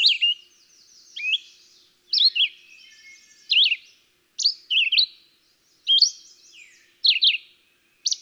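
Red-eyed Vireo singing short, slurred phrases of rising and falling notes, one phrase about every second with brief pauses.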